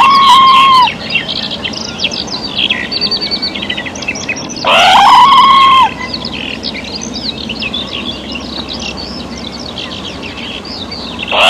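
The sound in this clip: Red squirrel giving loud, drawn-out harmonic calls that rise sharply then hold steady, the end of one call, one full call and the start of a third, over a busy chorus of small songbirds.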